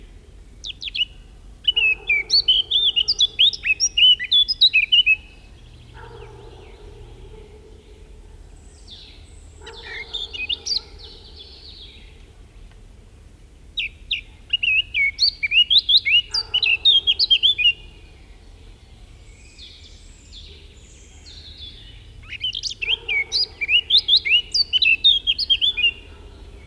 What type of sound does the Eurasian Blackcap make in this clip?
song